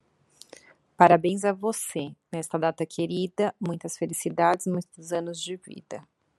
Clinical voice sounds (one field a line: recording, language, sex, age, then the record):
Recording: short text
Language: Brazilian Portuguese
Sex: female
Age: 40 to 49 years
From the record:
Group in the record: control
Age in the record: 42 years